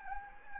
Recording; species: mosquito wingbeat signal from an infrared sensor; Anopheles gambiae